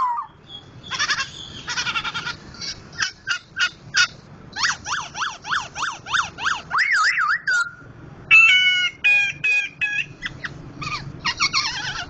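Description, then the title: Laughingthrush song with a rhythmic run of several arched whistled notes, then a wavering slur, followed by scratchy, harmonically rich bursts. Bird named Gathutkaca; loud song of a national champion contest bird, billed as Sumatran crested form (Poksay Jambul Sumatra), singing vigorously (gacor). "Poksay Jambul Sumatra Suara Keras Juara Nasional. Poksay Hongkong gacor mantab (Gathutkaca)"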